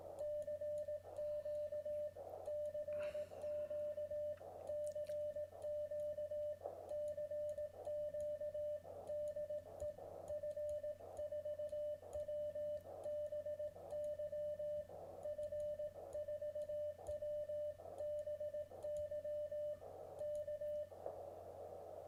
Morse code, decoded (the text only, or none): CQ CQ CQ CQ DE F4WBY F4WBY K